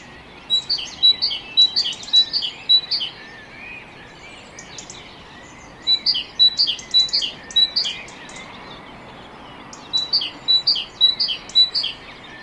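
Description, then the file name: Great tit song: three bouts of several rapid two-note phrases, high then low, separated by pauses, against a hissing background. "Parus major"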